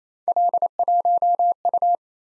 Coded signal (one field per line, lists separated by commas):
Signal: Morse code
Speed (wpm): 28 wpm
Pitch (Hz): 700 Hz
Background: none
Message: L1U